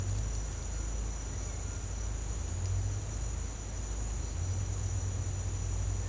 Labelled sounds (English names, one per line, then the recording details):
none
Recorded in secondary vegetation near Puerto Asís, Putumayo, Colombia, on 22 December 2024 at 08:00
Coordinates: 0.499, -76.323
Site G010